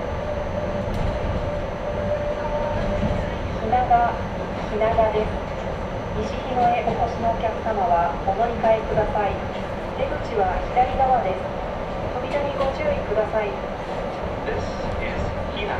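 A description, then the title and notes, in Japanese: Aboard a small local train, passengers chatter steadily over the low, constant rumble of the car rolling along the rails, with occasional light clicks. 四日市あすなろう鉄道 内部→日永→西日野→日永。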